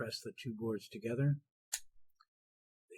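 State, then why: Seated. A compute module is pressed onto the board-to-board connectors of a carrier board while someone talks. The talk stops, and at 1.7 s the boards snap together with a sharp, bright click, followed by a faint tick near 2.2 s. The module is seated on the carrier board.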